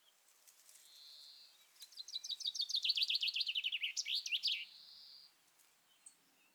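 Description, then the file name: Common chaffinch singing one full phrase, a quick series of descending notes ending in a flourish, preceded by a faint soft tone. "Fringilla coelebs"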